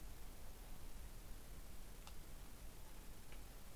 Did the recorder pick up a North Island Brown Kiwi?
no